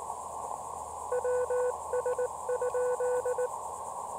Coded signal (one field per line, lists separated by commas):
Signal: Morse code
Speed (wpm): 18 wpm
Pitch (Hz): 500 Hz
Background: none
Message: WS?